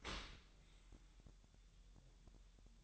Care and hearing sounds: daily activity, microphone in the room; open dishwasher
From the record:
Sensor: 3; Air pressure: 1000.6 hPa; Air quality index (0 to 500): 248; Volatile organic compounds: 172 ppm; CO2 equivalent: 4114 ppm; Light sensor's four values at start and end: 11/26/11/10 and 11/26/11/10

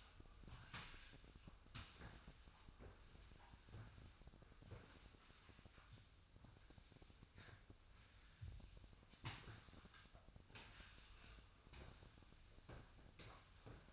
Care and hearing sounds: daily activity, microphone in the room; sweep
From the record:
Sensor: 2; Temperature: 24.0 degrees Celsius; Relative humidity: 35.5%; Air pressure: 1004.6 hPa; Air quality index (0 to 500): 91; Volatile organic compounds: 2 ppm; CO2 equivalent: 1097 ppm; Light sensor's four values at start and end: 6/14/6/6 and 6/15/6/6

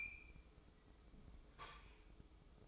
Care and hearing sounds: daily activity, microphone in the room; open fridge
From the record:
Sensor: 1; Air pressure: 995.3 hPa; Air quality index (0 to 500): 25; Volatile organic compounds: 0 ppm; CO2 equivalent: 500 ppm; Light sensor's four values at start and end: 18/60/22/24 and 18/60/22/24

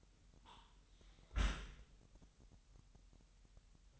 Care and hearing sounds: daily activity, microphone in the room; close dishwasher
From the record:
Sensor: 3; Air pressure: 998.3 hPa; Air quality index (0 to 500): 150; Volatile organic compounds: 5 ppm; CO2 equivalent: 1792 ppm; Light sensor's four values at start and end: 13/39/16/14 and 13/39/15/14

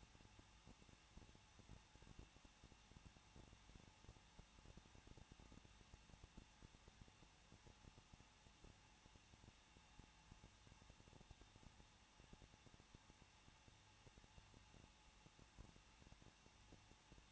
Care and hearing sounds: daily activity, microphone in the room; no activity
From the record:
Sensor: 1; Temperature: 20.1 degrees Celsius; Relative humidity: 39.1%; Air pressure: 1006.3 hPa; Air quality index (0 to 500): 217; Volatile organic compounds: 76 ppm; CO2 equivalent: 3572 ppm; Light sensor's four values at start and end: 1/2/1/1 and 1/2/1/1

